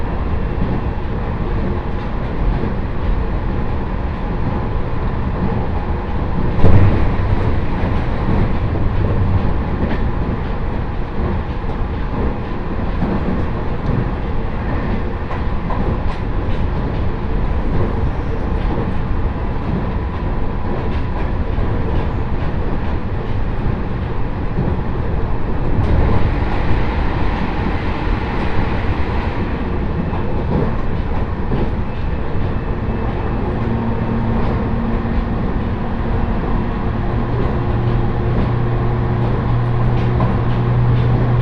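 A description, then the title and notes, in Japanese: A ride aboard a Joban Line train between Minami-Nakago and Katsuta: a steady, dense rumble of the moving carriage, heavy in the low end with a constant level throughout. A sharp knock lands near seven seconds, and a brighter hissing stretch rises from about 26 to 29 seconds. 鉄道旅 常磐線 南中郷→勝田。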